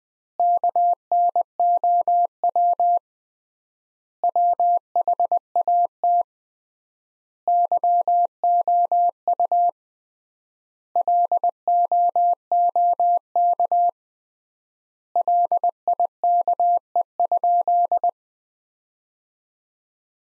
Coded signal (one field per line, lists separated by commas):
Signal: Morse code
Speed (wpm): 19 wpm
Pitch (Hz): 700 Hz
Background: none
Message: KNOW WHAT YOU LOOK LIKE?